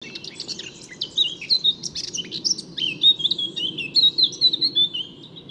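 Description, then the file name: Eurasian blackcap song: a fast, varied warble of bright, high whistled notes, over a steady low rumble of background noise. "Sylvia atricapilla"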